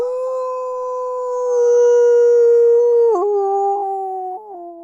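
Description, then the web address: Wolf howl: one long, steady, pure-toned note held for about three seconds, then a sudden drop to a lower pitch, stepping down once more as it fades. "Big Room Sound Creature-BF-Wolf-Howl-Long"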